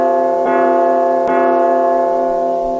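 A bell rings repeatedly, with two sharp strikes under a second apart feeding a loud, sustained metallic hum that rings on through the whole stretch. No one speaks.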